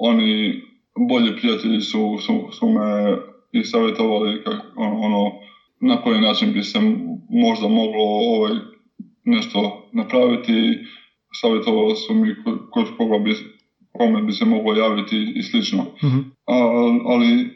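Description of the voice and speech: Adult man, a scientist, speaking Croatian with repeated syllables and words, fillers and brief hesitations, consistent with mild residual stuttering. He stuttered until about his twenties, with strong blocks, and overcame it after treatment by a speech therapist.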